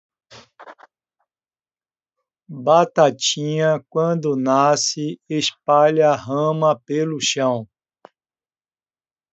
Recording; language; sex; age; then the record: short text; Brazilian Portuguese; male; 70 to 79 years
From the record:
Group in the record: control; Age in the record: 70 years